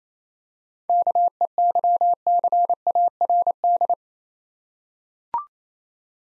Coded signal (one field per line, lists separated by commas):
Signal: Morse code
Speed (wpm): 27 wpm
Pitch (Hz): 700 Hz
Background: none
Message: KEYCARD